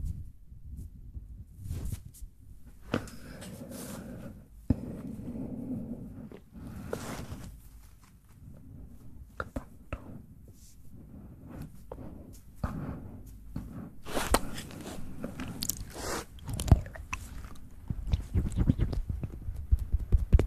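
Close mouth sounds with wet clicks, smacks and crunchy bites that come in irregular bursts, some sharp and bright, over a soft low rumble. Quieter stretches near the middle give way to denser, louder clusters of clicks toward the end.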